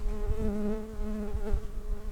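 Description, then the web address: Common carder bee workers buzzing in a steady low drone. "Pascuorum workers"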